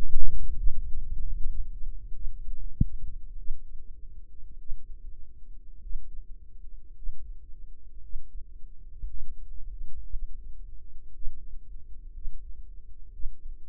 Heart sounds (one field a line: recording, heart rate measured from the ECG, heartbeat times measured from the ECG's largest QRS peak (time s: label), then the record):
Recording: heart sounds by microphone in the right ear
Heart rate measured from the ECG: 57 bpm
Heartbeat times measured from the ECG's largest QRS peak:
0.53 s: heartbeat
1.31 s: heartbeat
2.13 s: heartbeat
3.36 s: heartbeat
4.56 s: heartbeat
5.79 s: heartbeat
6.93 s: heartbeat
8.00 s: heartbeat
9.05 s: heartbeat
10.08 s: heartbeat
11.11 s: heartbeat
12.11 s: heartbeat
13.10 s: heartbeat
From the record:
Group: healthy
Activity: Valsalva maneuver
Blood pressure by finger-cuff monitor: 98/61 mmHg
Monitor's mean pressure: 68 mmHg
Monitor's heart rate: 58 bpm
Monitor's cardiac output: 4.3 L/min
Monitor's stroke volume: 80 mL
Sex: female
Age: 36 years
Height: 163 cm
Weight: 88 kg